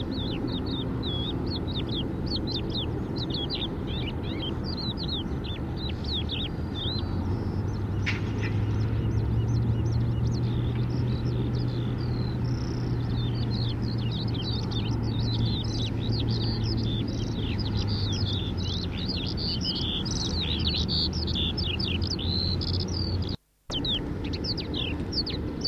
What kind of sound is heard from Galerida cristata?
song